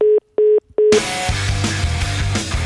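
A telephone line beeps three times in short, even, mid-pitched tones after the caller hangs up, then a loud, dense burst of music-like sound cuts in.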